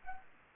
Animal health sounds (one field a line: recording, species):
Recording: mosquito wingbeat signal from an infrared sensor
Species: Anopheles arabiensis